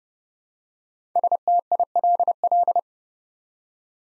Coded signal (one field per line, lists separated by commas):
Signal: Morse code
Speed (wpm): 30 wpm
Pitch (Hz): 700 Hz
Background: none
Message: STILL